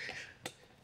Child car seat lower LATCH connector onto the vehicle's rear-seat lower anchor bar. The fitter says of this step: but when you do get that satisfying click